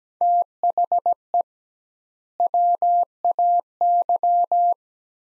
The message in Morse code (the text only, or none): THE WAY